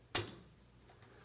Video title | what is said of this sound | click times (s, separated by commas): Whirlpool Dishwasher Repair - How to Replace the Manifold (Whirlpool Part # WPW10340542) | bring it up into position rotate that Lo locking collar counterclockwise and you feel the lock in | 0.2 s